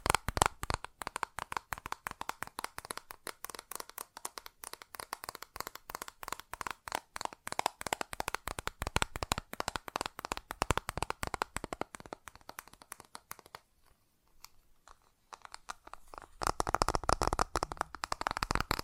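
Fast tapping runs as a dense, rapid stream of short, sharp clicks with a dry, crinkly edge. The pace stays busy through most of the clip, thins and quiets briefly around fourteen to sixteen seconds, then returns louder and denser toward the end.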